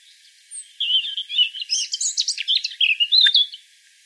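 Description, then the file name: European robin giving a brief, high, scratchy and sweet warbled phrase of quick, varied notes. "Erithacus rubecula"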